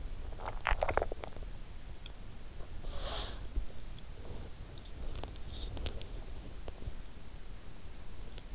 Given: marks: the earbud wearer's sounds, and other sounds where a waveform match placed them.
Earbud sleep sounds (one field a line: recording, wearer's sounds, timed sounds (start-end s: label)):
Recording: sounds in sleep by an in-ear microphone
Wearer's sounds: swallowing, breath, body movement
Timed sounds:
0.21-1.63 s: swallowing
2.78-3.53 s: breath
3.80-7.34 s: body movement